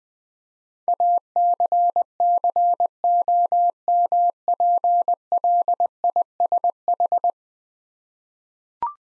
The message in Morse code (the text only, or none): ACCOMPLISH